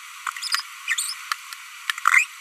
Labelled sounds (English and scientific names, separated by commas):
Green-rumped Parrotlet (Forpus passerinus) babbling